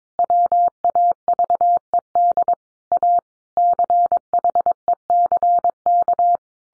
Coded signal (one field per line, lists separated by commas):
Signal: Morse code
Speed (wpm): 22 wpm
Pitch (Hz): 700 Hz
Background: none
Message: WAVED A CHECK